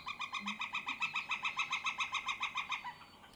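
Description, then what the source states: Northern flicker giving a rapid run of evenly spaced ringing notes, holding steady and then fading out at the end. Played back from an online recording; said to sound pretty similar.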